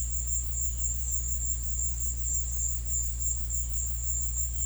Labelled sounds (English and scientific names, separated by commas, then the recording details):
none
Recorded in pastures near Puerto Asís, Putumayo, Colombia, on 13 March 2025 at 17:00
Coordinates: 0.505, -76.324
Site GP08